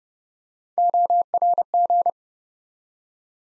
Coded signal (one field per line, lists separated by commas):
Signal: Morse code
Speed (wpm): 31 wpm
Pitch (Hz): 700 Hz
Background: none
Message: ORG